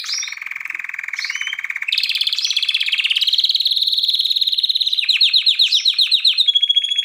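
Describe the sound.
Canary performing quick pulsed trills, moving from a lower rolling phrase to a higher, denser trill, then slurred repeated notes and a thin steady tone.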